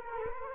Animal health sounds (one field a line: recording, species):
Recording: mosquito wingbeat signal from an infrared sensor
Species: Culex quinquefasciatus